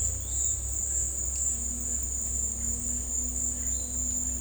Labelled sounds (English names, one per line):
none